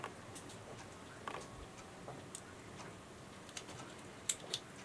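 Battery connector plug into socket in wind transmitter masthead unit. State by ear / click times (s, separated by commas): not seated / none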